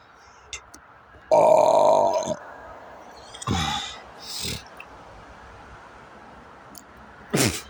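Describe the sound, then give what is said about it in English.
A person with the hiccups lets out a long, loud, throaty burp, followed by a few shorter belching hiccups and gulping bursts spaced irregularly, ending with a sharp final hic. “I got hiccup burps.”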